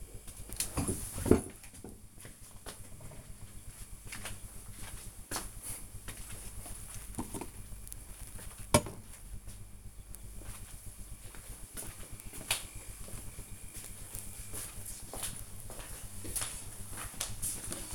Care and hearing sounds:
household activities, microphone on the right wrist
none

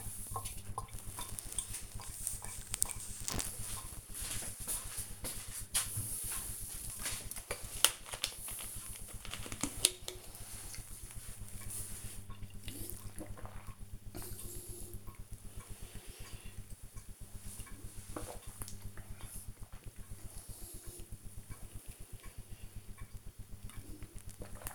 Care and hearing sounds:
household activities, microphone on the right wrist
6.35-24.75 s: drinking

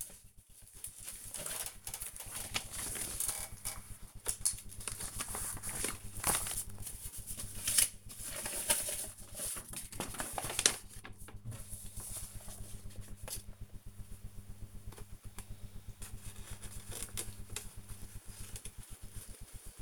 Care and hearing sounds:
household activities, microphone on the right wrist
0.00-19.82 s: sorting documents

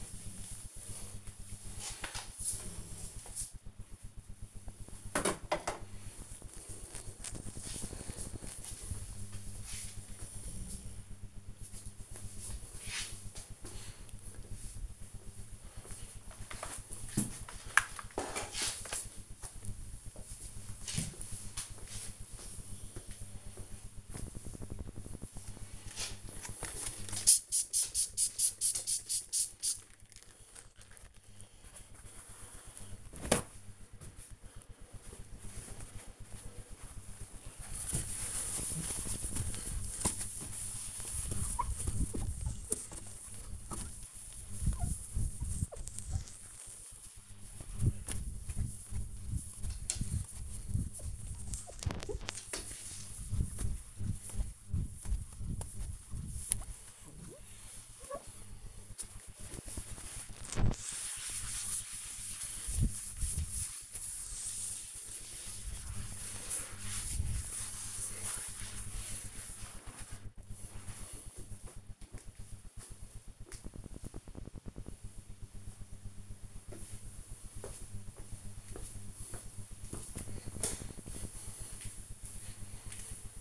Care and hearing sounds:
household activities, microphone on the right wrist
0.00-4.65 s: floor cleaning
25.73-71.94 s: window cleaning

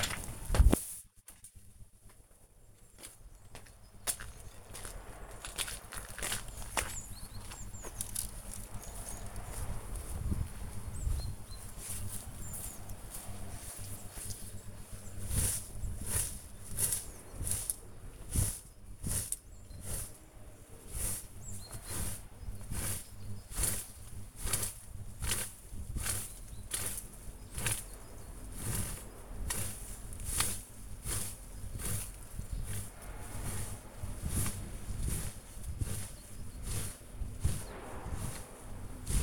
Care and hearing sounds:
household activities, microphone on the right wrist
29.78-39.23 s: gardening with a rake

